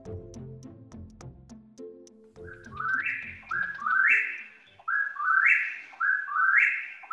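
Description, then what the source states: Nightjar chant, a rhythmic whistled phrase rising sharply in pitch, repeated about once a second after a few seconds of low tonal music. Described as a strange chant.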